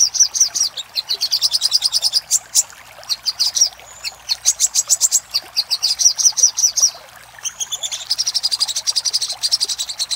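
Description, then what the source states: Little spiderhunter delivering strings of rapid, sharp high notes, alternating dry chip series with brighter trilled phrases and short silences. Master recording for training cage birds, Labaik style.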